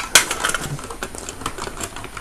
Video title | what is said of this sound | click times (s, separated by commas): AJJ Video N°4 ENERGON Supreme class BLACK UNICRON | c'est pas grave ça se clipse vous Remz comme ceci voilà | 0.1 s